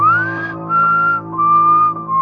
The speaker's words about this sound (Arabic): خلال أحد الليالي كنت الشخص الوحيد المتواجد بالقبو. فجأة سمعت صوت تصفير قادم من الرواق المؤدي نحو المصعد.